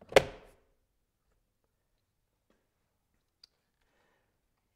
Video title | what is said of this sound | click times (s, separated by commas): 2011 - 2016 Ford F250 Door Panel - How To Remove Replace F-250 Front Driver's Panel F350 F450 F550 | this will snap into place | 0.2 s